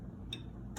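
A grease gun coupler is pushed onto a metal zerk (grease) fitting on a Harley motorcycle, with a faint steady low hum underneath. A sharp click sounds at 0.3 s as the coupler half snaps on, followed by another short bright sound near the end. The coupler is only partly seated and not fully home.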